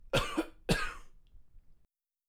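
Two short, harsh cough bursts about half a second apart from an adult, each with a sharp onset and a brief rough tail, then quiet. A plain cough.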